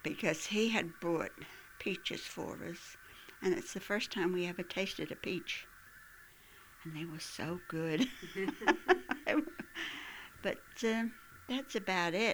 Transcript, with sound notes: because he had brought peaches for us, and it's the first time we had ever tasted a peach, and they were so good. ( they laugh ) But, uh, that's about it.